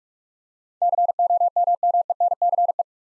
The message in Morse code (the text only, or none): COMMENCE